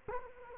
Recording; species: mosquito wingbeat signal from an infrared sensor; Culex quinquefasciatus